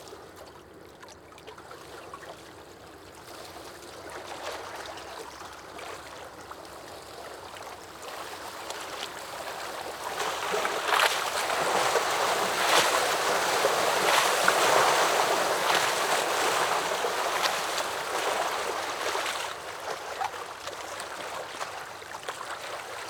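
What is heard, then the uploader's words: Lake waves splash against rocks in a continuous wash, swelling louder near the middle with bright spray, then easing slightly toward the end. Lake Waves Splashing Against Rocks.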